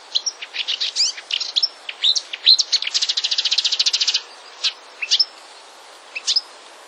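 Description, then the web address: Marsh warbler song: quick high chattering notes and slurred whistles, then a long fast buzzy trill, ending in scattered sharp chips. "wroblowe kolekcja lozowka"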